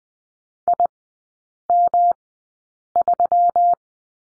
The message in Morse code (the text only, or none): IM3